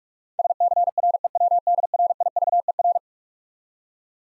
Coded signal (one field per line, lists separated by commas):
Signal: Morse code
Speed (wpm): 44 wpm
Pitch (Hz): 700 Hz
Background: none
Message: SCREWDRIVER